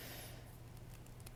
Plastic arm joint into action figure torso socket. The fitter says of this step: and you know you just push that back in and you just hear the pop and it's in all the way